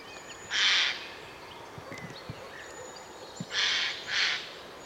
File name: Garrulus glandarius